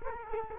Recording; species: mosquito wingbeat signal from an infrared sensor; Culex quinquefasciatus